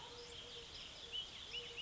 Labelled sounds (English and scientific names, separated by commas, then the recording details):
Eurasian Collared Dove (Streptopelia decaocto)
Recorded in Sonoma County, California